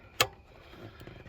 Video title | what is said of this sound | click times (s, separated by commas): 1990-1994 Lexus LS400 ECU - Remove and replace - Common LS400 Failure | oh yes solid beautiful click from each and every one | 0.2 s